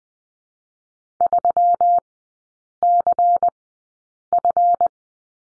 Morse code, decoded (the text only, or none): 3CF